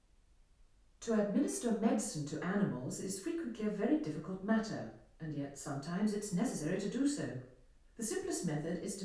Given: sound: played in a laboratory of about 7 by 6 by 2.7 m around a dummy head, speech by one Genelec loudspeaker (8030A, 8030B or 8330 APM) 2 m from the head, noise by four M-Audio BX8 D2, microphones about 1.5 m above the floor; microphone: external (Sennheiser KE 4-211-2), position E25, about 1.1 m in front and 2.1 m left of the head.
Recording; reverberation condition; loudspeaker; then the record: female speech in English; medium; 150 degrees to the left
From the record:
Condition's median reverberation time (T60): about 510 ms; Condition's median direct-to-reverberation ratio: about -0.5 dB